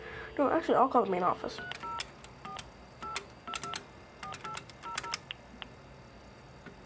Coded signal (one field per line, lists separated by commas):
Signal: DTMF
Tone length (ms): 110 ms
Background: speech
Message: 3048224800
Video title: One Of The Last Few Functioning Pay Phones